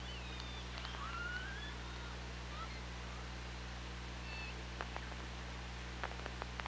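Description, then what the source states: Killer whale whistles, thin rising and falling tonal sweeps over a steady low underwater hum, with a few sharp clicks near the end. Recorded on the OrcaLab hydrophone, 24 August 2017, at 15:57:36.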